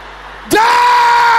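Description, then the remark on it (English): After a brief hush, an audience bursts out at once in a loud, sustained unison shout of a prayer, rising quickly in pitch and then holding a steady, forceful roar to the end. “Everybody together now.”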